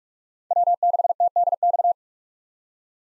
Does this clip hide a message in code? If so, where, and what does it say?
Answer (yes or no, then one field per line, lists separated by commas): yes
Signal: Morse code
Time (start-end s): 0.5-1.9 s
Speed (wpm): 46 wpm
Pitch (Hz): 700 Hz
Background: none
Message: W6TDX